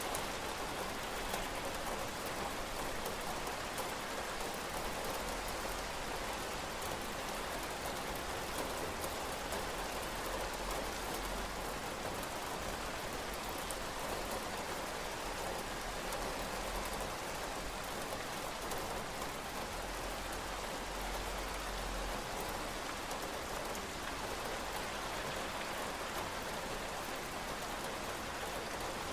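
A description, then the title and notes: Heavy rain pours steadily and densely throughout, a bright constant hiss of drops on surfaces with a faint low rumble underneath. Lots of rain.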